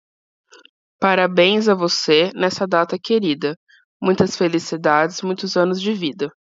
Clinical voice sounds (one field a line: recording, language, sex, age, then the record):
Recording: short text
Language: Brazilian Portuguese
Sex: female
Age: 30 to 39 years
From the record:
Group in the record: control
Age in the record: 30 years